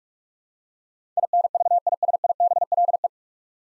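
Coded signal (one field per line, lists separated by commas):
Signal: Morse code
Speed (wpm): 44 wpm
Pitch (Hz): 700 Hz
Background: none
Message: INVISIBLE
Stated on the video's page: Morse practice at 45 wpm building 9-letter words three letters at a time, for instant character recognition.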